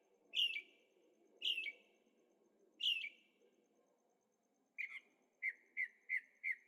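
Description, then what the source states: Bird giving three sharp, down-slurred notes, then a short burst and four even chirps in a row, over a low steady rumble. Birds singing at night in Carefree, Arizona; recorded with a Zoom H6 and stereo microphones.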